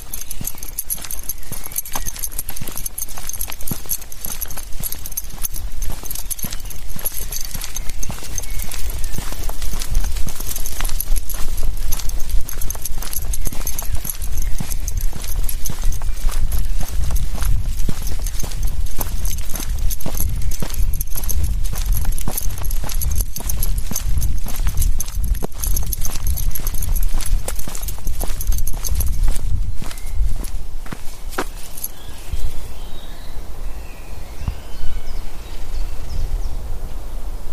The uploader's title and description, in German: Abends mit dem Hund im Wald. Aufnahme eines Spaziergangs im Wald